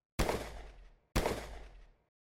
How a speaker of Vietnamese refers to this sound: Một loạt đạn cuồng bạo phóng tới, các tù nhân đứng ở cửa lập tức bị quét ngã, tiếng kêu thảm thiết không dứt bên tai.